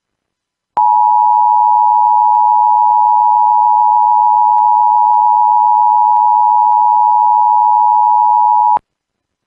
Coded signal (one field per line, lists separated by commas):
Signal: Emergency Alert System (SAME) tones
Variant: 853 and 960 Hz attention tone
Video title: EAS Alerts From The Last Two Weeks Of December 2020 (EAS#81-89)